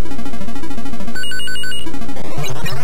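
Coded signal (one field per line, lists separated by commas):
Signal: none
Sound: video game sound effects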